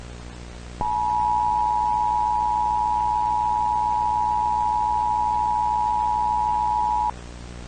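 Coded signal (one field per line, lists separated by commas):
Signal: Emergency Alert System (SAME) tones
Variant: 853 and 960 Hz attention tone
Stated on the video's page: Fictional EAS scenario warning broadcast made as a school project film.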